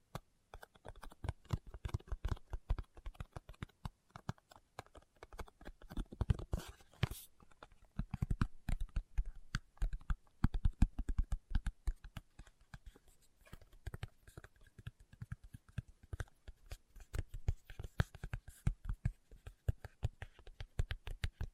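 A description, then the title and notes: Fingertips tap rapidly and unevenly across a hard surface, a dense stream of short clicks with soft low thumps under them. The pace stays busy for the whole stretch, with brief lulls and bursts, and one sharper, brighter tap near seven seconds. ASMR Tapping with Fingertips (No Talking).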